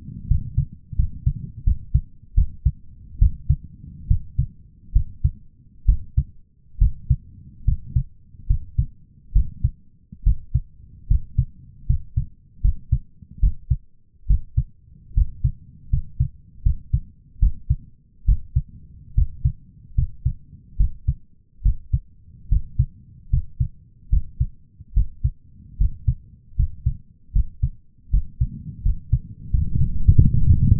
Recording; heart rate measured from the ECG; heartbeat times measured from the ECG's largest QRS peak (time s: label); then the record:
heart sounds by stethoscope; 75 bpm
0.28 s: heartbeat
0.96 s: heartbeat
1.64 s: heartbeat
2.35 s: heartbeat
3.19 s: heartbeat
4.08 s: heartbeat
4.93 s: heartbeat
5.86 s: heartbeat
6.79 s: heartbeat
7.65 s: heartbeat
8.47 s: heartbeat
9.33 s: heartbeat
10.24 s: heartbeat
11.08 s: heartbeat
11.87 s: heartbeat
12.61 s: heartbeat
13.40 s: heartbeat
14.27 s: heartbeat
15.14 s: heartbeat
15.90 s: heartbeat
16.63 s: heartbeat
17.39 s: heartbeat
18.25 s: heartbeat
19.15 s: heartbeat
19.95 s: heartbeat
20.77 s: heartbeat
21.62 s: heartbeat
22.49 s: heartbeat
23.30 s: heartbeat
24.10 s: heartbeat
24.94 s: heartbeat
25.77 s: heartbeat
26.56 s: heartbeat
27.32 s: heartbeat
28.10 s: heartbeat
28.82 s: heartbeat
29.50 s: heartbeat
30.17 s: heartbeat
30.79 s: heartbeat
From the record:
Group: healthy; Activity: rest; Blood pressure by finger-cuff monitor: 162/110 mmHg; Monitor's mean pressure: 121 mmHg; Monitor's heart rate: 75 bpm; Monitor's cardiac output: 6.3 L/min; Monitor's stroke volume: 86 mL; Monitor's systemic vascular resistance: 1420 dyn s/cm5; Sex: male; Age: 23 years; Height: 179 cm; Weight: 87 kg